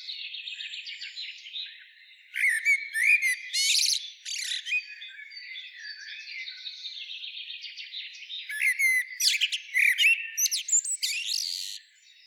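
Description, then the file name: Eurasian blackbird giving scratchy high twitters and short fluted notes in loud bursts, separated by stretches of softer warbling. "Turdus merula"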